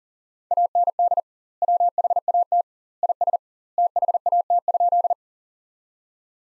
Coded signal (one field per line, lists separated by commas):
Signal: Morse code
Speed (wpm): 37 wpm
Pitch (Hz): 700 Hz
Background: none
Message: AND WHAT IS THAT?